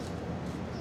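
A small wiring connector is handled at the throttle body sensor of a 2007 Lincoln Mark LT while the part is being replaced, and it is about to be pushed on until it latches. Only a steady low hum with faint handling noise is heard, with no sudden sounds. Nothing has seated or clicked yet.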